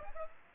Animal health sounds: mosquito wingbeat signal from an infrared sensor; Aedes aegypti

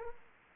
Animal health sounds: mosquito wingbeat signal from an infrared sensor; Anopheles arabiensis

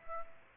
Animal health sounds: mosquito wingbeat signal from an infrared sensor; Aedes aegypti

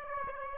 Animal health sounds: mosquito wingbeat signal from an infrared sensor; Aedes aegypti

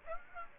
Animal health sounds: mosquito wingbeat signal from an infrared sensor; Aedes aegypti

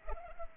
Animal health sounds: mosquito wingbeat signal from an infrared sensor; Culex pipiens

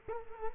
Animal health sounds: mosquito wingbeat signal from an infrared sensor; Culex quinquefasciatus

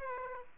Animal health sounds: mosquito wingbeat signal from an infrared sensor; Aedes aegypti

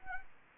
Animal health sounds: mosquito wingbeat signal from an infrared sensor; Anopheles arabiensis

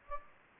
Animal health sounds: mosquito wingbeat signal from an infrared sensor; Anopheles gambiae

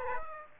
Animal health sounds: mosquito wingbeat signal from an infrared sensor; Aedes aegypti

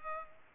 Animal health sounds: mosquito wingbeat signal from an infrared sensor; Culex pipiens

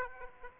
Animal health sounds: mosquito wingbeat signal from an infrared sensor; Aedes aegypti

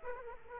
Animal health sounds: mosquito wingbeat signal from an infrared sensor; Aedes aegypti

